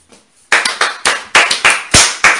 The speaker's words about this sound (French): Applaudissez pour elle.